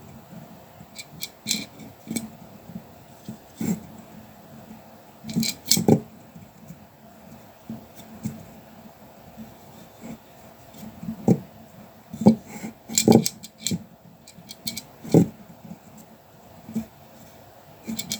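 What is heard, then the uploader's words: Colouring pencil scratches and paper rubbing in short, irregular bursts, with a few sharper taps and a steady low hum underneath. Sounds of colouring pencil work and paper massage. Colouring the soft, circular puffs of sheep’s wool, with some wobbles thrown.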